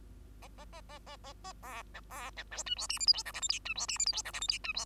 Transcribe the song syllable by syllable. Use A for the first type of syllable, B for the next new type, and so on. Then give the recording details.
A A A A A A A B C B C D E F G H I J K L M N E F G H I J K L M N E F. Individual Bird2